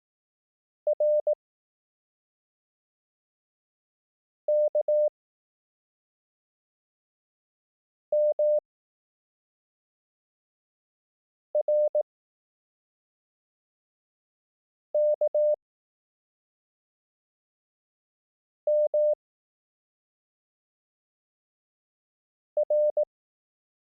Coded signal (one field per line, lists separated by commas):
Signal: Morse code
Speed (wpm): 18 wpm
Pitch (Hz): 600 Hz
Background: none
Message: R K M R K M R